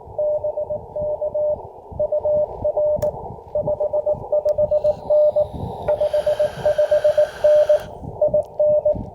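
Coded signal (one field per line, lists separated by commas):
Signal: Morse code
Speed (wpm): 18 wpm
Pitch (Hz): 600 Hz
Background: radio noise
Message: BK UR 55N 55N IN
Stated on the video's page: Georgia State Parks on the Air activation, 40 m CW segment of a POTA event.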